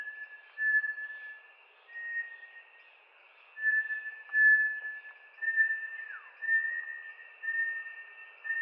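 Bartlett's tinamou with drawn-out, steady whistles in a loose series, one note dipping downward, and a persistent insect drone.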